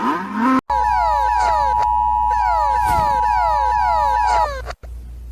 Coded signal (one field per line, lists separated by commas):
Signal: Emergency Alert System (SAME) tones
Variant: 853 and 960 Hz attention tone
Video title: EAS Alarms Compilation but Reversed